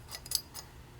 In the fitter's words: it until it snaps into the groove now